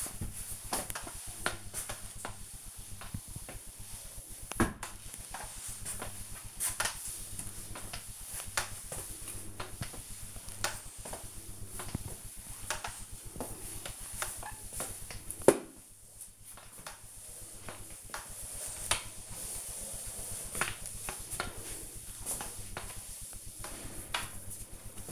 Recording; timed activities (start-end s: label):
household activities, microphone on the right wrist
0.00-24.69 s: floor cleaning